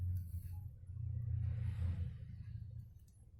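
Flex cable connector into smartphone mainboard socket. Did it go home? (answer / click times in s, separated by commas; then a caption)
no / none. During a charging-IC repair on a Sony Xperia XZ Premium with a damaged charge IC, a flex cable connector is pressed by hand toward its socket on the smartphone mainboard. A steady low rumble runs throughout, with a soft broadband hiss swelling from about 1.3 to 2.3 seconds before fading. Nothing has seated or clicked yet.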